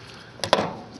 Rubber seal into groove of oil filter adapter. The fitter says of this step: it snaps in the groove and with that on there you